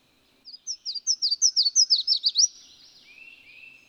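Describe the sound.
Bird song: a quick run of about twelve high, sharply descending chirped notes, followed by faint, thin, drawn-out tones.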